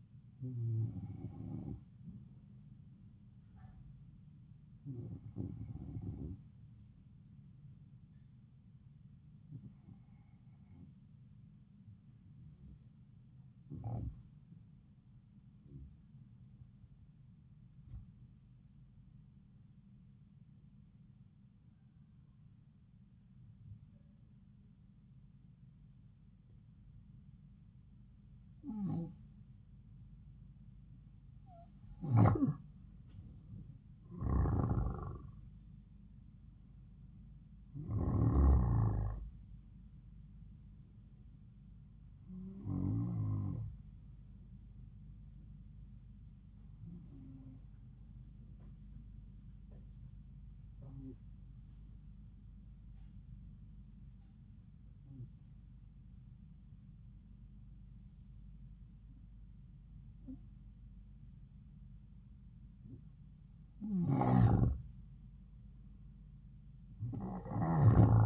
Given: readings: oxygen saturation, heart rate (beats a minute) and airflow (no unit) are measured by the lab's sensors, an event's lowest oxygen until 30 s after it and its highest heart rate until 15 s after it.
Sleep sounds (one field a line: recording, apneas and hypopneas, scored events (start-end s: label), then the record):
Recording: breathing in sleep by a smartphone at the bedside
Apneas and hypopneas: 2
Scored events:
11.00-31.30 s: hypopnea (N2, oxygen 95% highest, then 88% lowest, heart rate 74 at the start, 80 highest)
52.00-63.50 s: hypopnea (N2, oxygen 95% highest, then 91% lowest, heart rate 71 at the start, 79 highest)
From the record:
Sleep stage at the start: N2 (light sleep)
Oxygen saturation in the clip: 88 to 95%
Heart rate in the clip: 71 to 80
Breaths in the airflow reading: 16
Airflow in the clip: -5.5 to 5.0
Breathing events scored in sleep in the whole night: 270 in 6.1 hours asleep